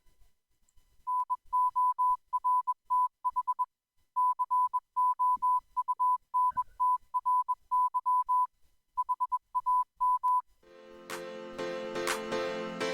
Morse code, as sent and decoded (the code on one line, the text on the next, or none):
-. --- .-. - .... / -.-. --- ..- -. - .-. -.-- / .... .- --
NORTH COUNTRY HAM